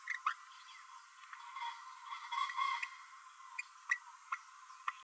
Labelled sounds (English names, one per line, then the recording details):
Green-rumped Parrotlet babbling
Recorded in a nest box in Venezuela
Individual 18B12A3